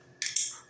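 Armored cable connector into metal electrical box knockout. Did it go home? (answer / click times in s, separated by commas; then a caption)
yes / 0.2 s. A metal-clad (armored) cable connector is pushed into the knockout of a metal electrical box and snaps in at 0.2 s with a sharp, bright metallic click. A second bright burst follows at about 0.4 s and rings down over the rest of the clip. The connector is seated, making a good snap, and the cable is now bonded to the box.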